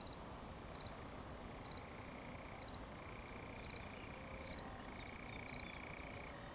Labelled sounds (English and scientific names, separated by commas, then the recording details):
Eurasian Woodcock (Scolopax rusticola) whistle
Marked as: whistle, whistle, whistle
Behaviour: display flight
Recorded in Baden-Württemberg, Germany, on 11 June 2020 at 20:15 UTC
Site 24578, 122 m above sea level